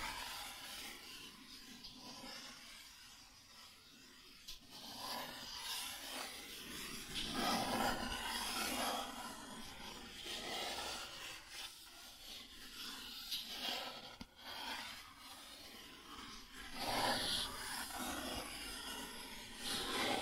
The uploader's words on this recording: ASMR Cardboard Scratching, Tracing, Tearing (No Talking).